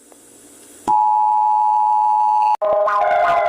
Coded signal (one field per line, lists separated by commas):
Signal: Emergency Alert System (SAME) tones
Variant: 853 and 960 Hz attention tone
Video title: Mexican States EAS Alarms